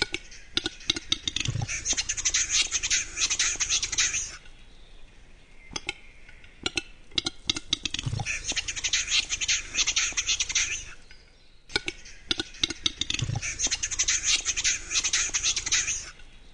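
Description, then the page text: Western capercaillie song repeated three times: each begins with separate knocking clicks, then a dull pop and a long whooshing, scraping grind. Capercaillie song; a phase of clicking, with clicks merging into one sound lasting 1–3 seconds, between the tapping and twittering phases. "Первый глухарь. Форум Питерского Охотника. Петруччо. Между "тэканьем" и "щебетанием" присутствует еще одна фаза-теканье,щелчки,сливаются в один звук,продолжительностью 1-3сек"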